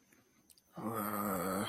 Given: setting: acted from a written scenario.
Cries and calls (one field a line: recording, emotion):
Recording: vocal sound without words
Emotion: embarrassment